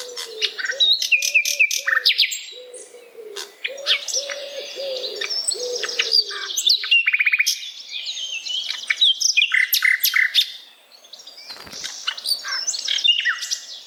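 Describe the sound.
Bird song of dense high twittering and chirps, with a series of lower, soft hooting notes underneath during the first half.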